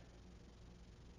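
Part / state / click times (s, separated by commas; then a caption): crimped wire pin into servo connector housing / not seated / none. A red wire's crimped metal pin is handled at the plastic servo connector housing, ready to be pushed in. Only a steady low hum and faint background noise are heard, with no distinct sounds. Nothing has seated or clicked yet.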